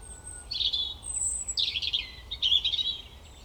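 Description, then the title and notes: European robin singing three short phrases of very high, thin whistles and rapid, sparkling trills. Recorded at Koniówka, Lesser Poland, Poland, using a Zoom F3 recorder with a Usi Pro microphone on a drop rig. "Koniówka, województwo małopolskie, Polska - Robin, King of the Petland. Recordist: Maciej Wirmański"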